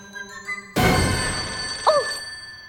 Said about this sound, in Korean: 전화예요.